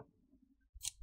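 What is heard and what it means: A captive screw on the bottom cover of a Dell Inspiron 3481 (REG P89G) laptop chassis is rotated until it clicks free of its C-lock, which keeps the screw from coming up. Low, quiet handling noise is followed by a sharp, bright click at 0.9 s. The screw is released from its C-lock.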